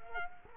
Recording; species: mosquito wingbeat signal from an infrared sensor; Culex quinquefasciatus